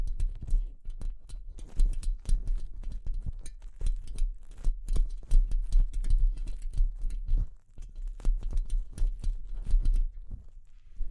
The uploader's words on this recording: ASMR Delicate Tapping (No Talking).